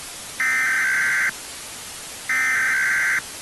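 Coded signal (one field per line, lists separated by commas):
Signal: Emergency Alert System (SAME) tones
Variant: header bursts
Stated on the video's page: Fictional tornado EAS scenario for entertainment, containing valid EAS tones.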